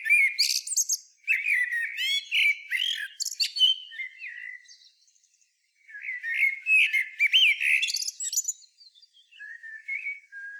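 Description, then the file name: Common blackbird singing mellow warbled phrases with squeaky high twitters mixed in, a pause near the middle, then a second fluty phrase fading into soft notes. "Turdus merula"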